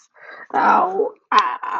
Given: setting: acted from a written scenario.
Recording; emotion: vocal sound without words; pain